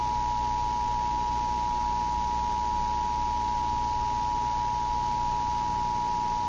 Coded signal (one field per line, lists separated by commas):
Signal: Emergency Alert System (SAME) tones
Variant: 853 and 960 Hz attention tone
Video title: EAS: National Test